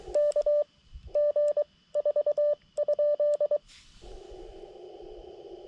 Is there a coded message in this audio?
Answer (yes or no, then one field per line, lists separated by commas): yes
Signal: Morse code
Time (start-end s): 0.2-3.6 s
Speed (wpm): 23 wpm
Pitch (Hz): 590 Hz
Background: none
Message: K G 4?